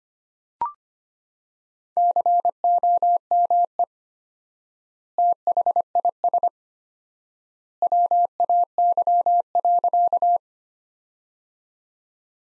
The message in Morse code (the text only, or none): COME THIS WAY.